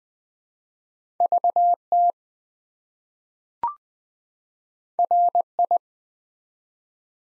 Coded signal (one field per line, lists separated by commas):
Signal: Morse code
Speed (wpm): 20 wpm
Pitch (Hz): 700 Hz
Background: none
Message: VT RI